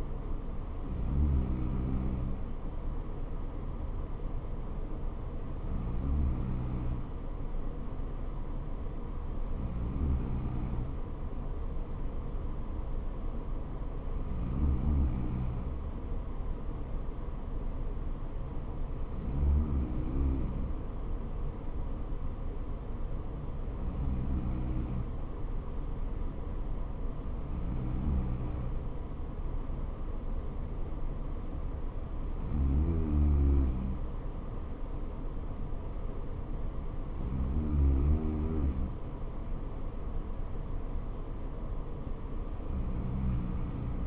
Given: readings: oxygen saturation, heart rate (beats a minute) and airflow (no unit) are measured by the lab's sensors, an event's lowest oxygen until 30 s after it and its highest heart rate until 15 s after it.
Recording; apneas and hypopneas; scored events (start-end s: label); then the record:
breathing in sleep by a smartphone at the bedside; none
none scored
From the record:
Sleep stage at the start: N3 (deep sleep); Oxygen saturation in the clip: 94 to 95%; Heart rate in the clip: 59 to 64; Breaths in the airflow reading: 10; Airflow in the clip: -3.5 to 3.5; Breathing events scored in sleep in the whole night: 79 in 6.3 hours asleep